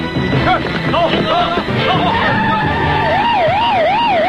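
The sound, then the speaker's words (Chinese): Sirens of many police cars wail loudly, several overlapping tones swooping up and down in a steady, repeating rise and fall over a dense rumble of traffic-like noise. “大哥，有很多警车”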